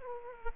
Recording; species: mosquito wingbeat signal from an infrared sensor; Aedes aegypti